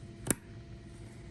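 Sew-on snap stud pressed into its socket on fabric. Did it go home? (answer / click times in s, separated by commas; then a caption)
yes / 0.3 s. A sew-on snap fastener, sewn onto fabric, is tested by folding the fabric over and pushing the ball half into the socket half. One sharp click is heard at 0.3 s against low background noise, and the snap closes and works.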